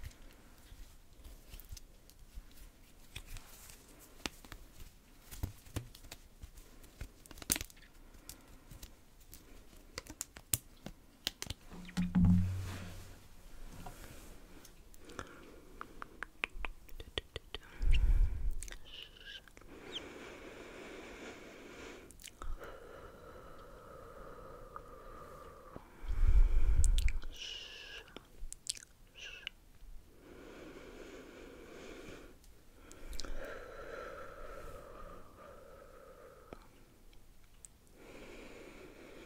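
Quiet brushing against the face, with soft sweeping strokes and rapid crisp ticks and crackles scattered throughout. Louder swishes and dull low thumps stand out near 12, 18 and 27 seconds.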